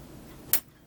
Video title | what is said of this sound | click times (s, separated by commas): The Model Ship - Part 932 | there did you hear the snap | 0.5 s